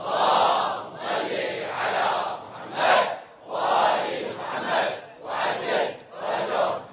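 A large crowd chants salawat blessings in loud, rhythmic unison as a salute to teaching staff, called for from the pulpit, surging in repeated phrases of massed voices with brief dips between each line.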